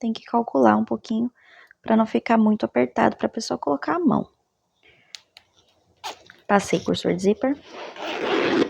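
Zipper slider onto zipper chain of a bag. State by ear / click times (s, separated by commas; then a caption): not seated / none. Someone talks while threading a zipper slider onto the zipper chain of a handmade bag, followed by quiet handling with small sharp ticks around 5.2, 5.4 and 6.3 seconds. Talking resumes over a broad rustling noise toward the end. The slider has not yet engaged, and nothing has seated or clicked.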